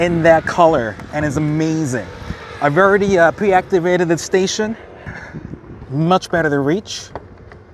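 Someone talks while a CCS fast-charger plug is handled at the charge port of an electric Mach-E car. Nothing has seated or clicked yet; the plug is not home by the end of the clip.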